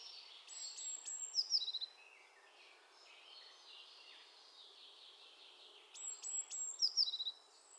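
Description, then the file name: Eurasian blue tit, high thin whistled notes running into a few quick falling chips, given twice several seconds apart, with background bird chatter. "Cyanistes caeruleus"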